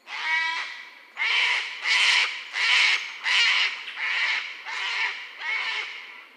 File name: sulphur Crested Cockatoo